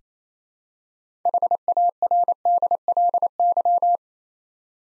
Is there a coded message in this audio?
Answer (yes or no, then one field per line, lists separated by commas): yes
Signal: Morse code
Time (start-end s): 1.3-4.0 s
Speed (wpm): 28 wpm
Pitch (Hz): 700 Hz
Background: none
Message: HARDLY